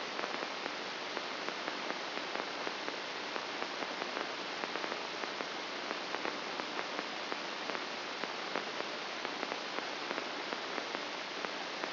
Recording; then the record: brain microelectrode recording played as sound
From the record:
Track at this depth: inside the subthalamic nucleus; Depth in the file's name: 0.827 mm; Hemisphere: left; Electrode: 2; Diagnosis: Parkinson's disease